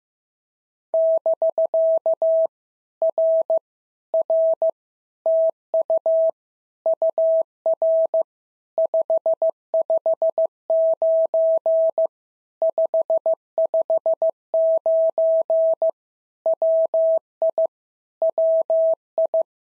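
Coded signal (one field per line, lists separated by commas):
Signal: Morse code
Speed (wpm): 15 wpm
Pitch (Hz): 650 Hz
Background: none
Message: <BK> R R TU UR 559 559 WI WI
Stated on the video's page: POTA exchange practice drill in Morse at 15 wpm, each exchange sent, spoken, then sent again.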